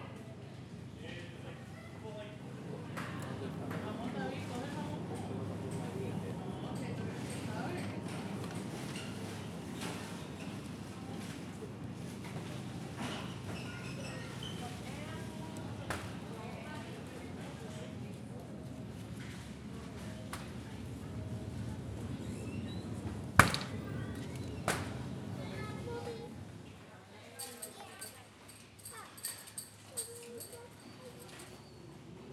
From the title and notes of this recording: This pack was stealth-recorded with a Zoom H4N and a set of omni directional mics in an A-B configuration. 96 kHz, 24-bit mono and stereo WAV files. Supermarket ambience. Shopping ambience.